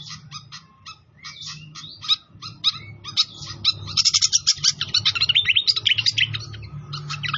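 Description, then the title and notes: Pied fantail song: dense run of rapid, varied chirps and twitters, busiest and loudest in the second half, over a steady low hum. Masteran (training) of a clear voice mixed with the sound of trickling water. "Masteran Sikatan Kipas Suara Jernih Dan Suara Gemericik Air. Suara Burung Sikatan Londo"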